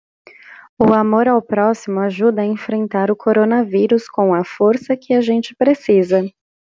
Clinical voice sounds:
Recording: spoken sentence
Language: Brazilian Portuguese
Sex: female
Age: 30 to 39 years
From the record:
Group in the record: control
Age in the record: 32 years

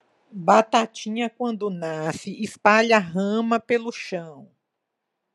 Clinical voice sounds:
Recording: short text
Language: Brazilian Portuguese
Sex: female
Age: 50 to 59 years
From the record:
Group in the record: control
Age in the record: 59 years

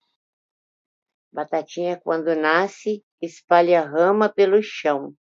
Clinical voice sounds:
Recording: short text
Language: Brazilian Portuguese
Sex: female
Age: 50 to 59 years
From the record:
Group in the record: control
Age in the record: 57 years

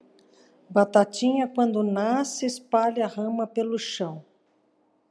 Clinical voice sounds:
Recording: short text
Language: Brazilian Portuguese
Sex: female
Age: 50 to 59 years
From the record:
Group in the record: control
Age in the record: 58 years

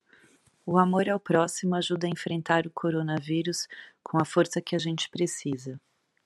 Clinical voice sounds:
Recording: spoken sentence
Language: Brazilian Portuguese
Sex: female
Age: 50 to 59 years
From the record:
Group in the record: control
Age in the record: 50 years

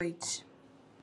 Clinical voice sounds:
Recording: short text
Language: Brazilian Portuguese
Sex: female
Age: 40 to 49 years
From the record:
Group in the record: control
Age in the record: 47 years

